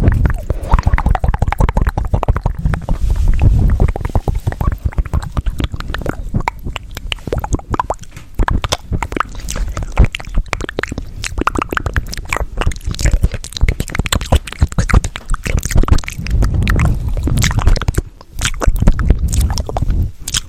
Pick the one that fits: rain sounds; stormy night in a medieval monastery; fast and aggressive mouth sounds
fast and aggressive mouth sounds